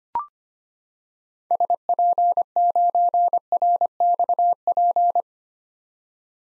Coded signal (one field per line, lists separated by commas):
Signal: Morse code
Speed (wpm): 25 wpm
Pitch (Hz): 700 Hz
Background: none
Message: SP9RXP